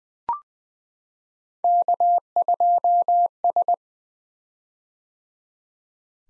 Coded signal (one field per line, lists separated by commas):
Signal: Morse code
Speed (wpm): 20 wpm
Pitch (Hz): 700 Hz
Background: none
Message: K2S